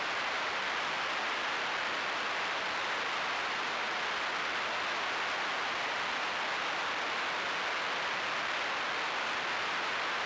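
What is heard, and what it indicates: Simulated tinnitus: a steady, unbroken broadband hiss like static or rushing noise, strongest from about 500 Hz to 8 kHz with almost nothing in the low bass, continuing unchanged throughout.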